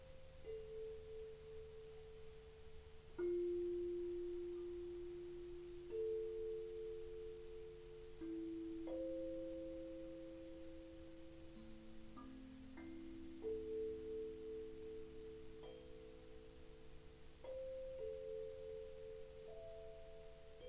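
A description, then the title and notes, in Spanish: Singing bowls struck every few seconds, each clear mid-pitched tone ringing on and overlapping the others, with a steady low hum beneath. Un viaje entre cuencos.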